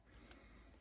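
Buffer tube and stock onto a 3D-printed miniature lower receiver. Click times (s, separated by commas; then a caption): 0.3 s. The buffer tube and stock of a 3D-printed miniature rifle model are slid onto its printed plastic lower receiver, where a slot catches them. Against a low, steady background, a single short, sharp click sounds at 0.3 seconds as the parts seat. The buffer tube and stock are now on.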